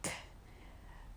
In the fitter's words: So you will hear that click.